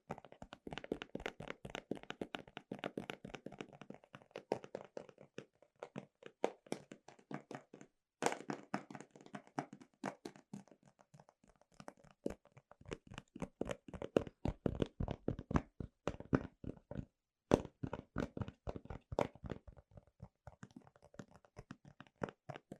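Fast, gentle tapping on Apple devices and boxes runs in dense bursts of sharp, hollow taps, with brief pauses near 8 and 17 seconds.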